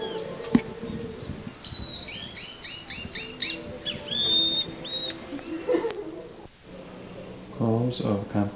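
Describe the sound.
Bird giving a series of short whistled arched notes in quick succession, over steady background rumble, with a lower harmonic-rich sound near the end.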